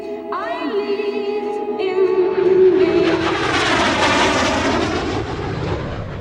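An airplane roars past overhead: a steady engine whine swells into a loud, rushing roar with a sweeping, phasing sheen, then eases slightly as it passes. No voices.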